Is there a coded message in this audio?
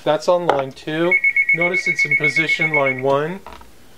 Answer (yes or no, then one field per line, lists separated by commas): no